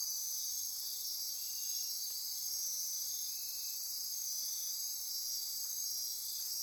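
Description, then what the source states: Insect chorus, a dense steady high-pitched trilling wall of sound with several overlapping shrill tones and faint pulsing bands, unbroken throughout. Insect chorus recorded at midnight near Corcovado.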